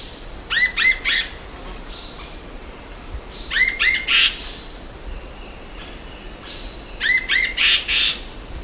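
Bird calls: three matching phrases of rising hooked chirps ending in buzzy notes, repeated about every three seconds over a steady high-pitched hiss.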